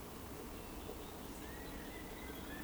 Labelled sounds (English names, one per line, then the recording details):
Eurasian Woodcock whistle
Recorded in Baden-Württemberg, Germany, on 12 June 2020 at 20:00 UTC
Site 14569, 102 m above sea level